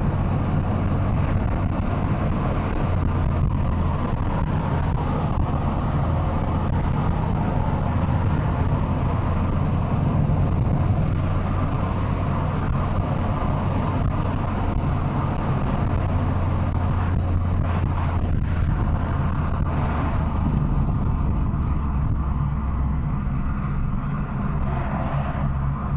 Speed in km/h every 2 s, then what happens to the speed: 107, 97, 96, 97, 93, 95, 104, 105, 100, 93, 79, 74, 82.
0-8 slows to 93. 8-14 speeds up to 105. 14-21 brakes to 74.